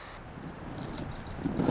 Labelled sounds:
Wilson's Warbler
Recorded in Sonoma County, California

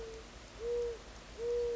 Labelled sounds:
Mourning Dove
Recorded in Sonoma County, California

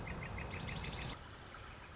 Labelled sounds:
Northern Flicker
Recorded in Sonoma County, California

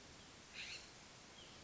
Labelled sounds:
California Scrub-Jay
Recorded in Sonoma County, California

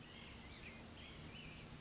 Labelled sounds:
White-breasted Nuthatch
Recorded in Sonoma County, California

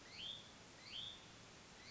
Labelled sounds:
Hutton's Vireo
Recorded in Sonoma County, California

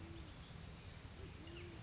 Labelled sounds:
Band-tailed Pigeon
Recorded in Sonoma County, California

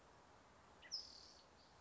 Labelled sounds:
California Towhee
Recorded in Sonoma County, California

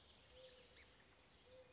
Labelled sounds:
Mourning Dove
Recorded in Sonoma County, California

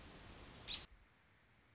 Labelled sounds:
American Robin
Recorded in Sonoma County, California

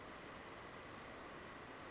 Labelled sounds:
Brown Creeper
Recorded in Sonoma County, California

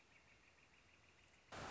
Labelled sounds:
Northern Flicker
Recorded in Sonoma County, California

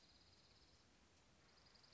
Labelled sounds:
Dark-eyed Junco
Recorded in Sonoma County, California

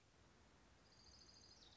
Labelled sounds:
Orange-crowned Warbler
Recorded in Sonoma County, California

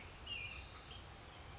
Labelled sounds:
American Robin
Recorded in Sonoma County, California

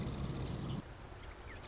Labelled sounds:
Marsh Wren
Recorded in Sonoma County, California

